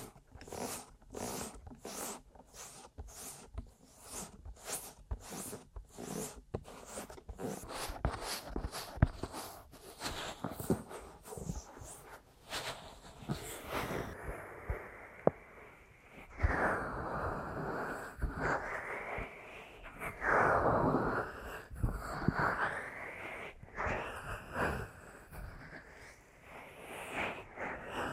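Ear massage and tapping, opening with a quick, regular run of crisp taps for about the first ten seconds. The tapping then gives way to dense, rough rubbing and scratching that surges and shifts, with occasional sharp clicks and a few brief pauses.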